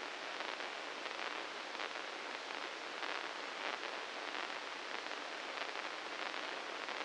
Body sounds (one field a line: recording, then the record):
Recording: brain microelectrode recording played as sound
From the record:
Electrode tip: inside the subthalamic nucleus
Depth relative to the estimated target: 0 mm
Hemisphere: right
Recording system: NeuroSet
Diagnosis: Parkinson's disease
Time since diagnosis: 9 years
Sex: male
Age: 61 years